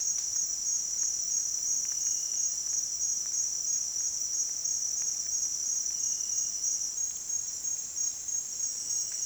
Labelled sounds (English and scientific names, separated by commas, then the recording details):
none
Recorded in dense forest near Puerto Asís, Putumayo, Colombia, on 22 June 2025 at 09:00
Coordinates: 0.466, -76.327
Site GP04